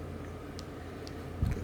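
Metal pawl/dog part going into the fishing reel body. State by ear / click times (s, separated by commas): not seated / none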